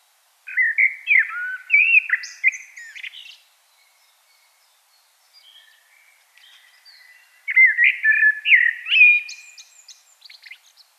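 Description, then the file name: Common blackbird singing low fluted warbling phrases tipped with high squeaky twitters, with soft faint notes filling the pause between two main phrases. "Turdus merula"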